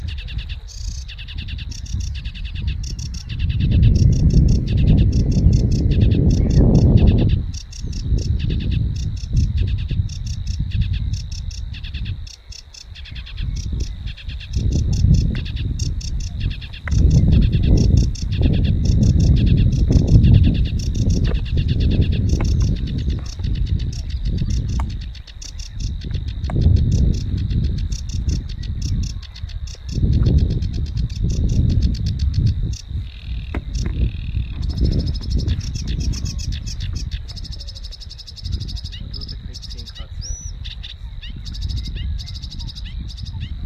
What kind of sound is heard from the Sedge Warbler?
song